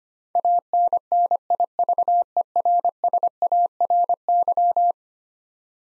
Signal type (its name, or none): Morse code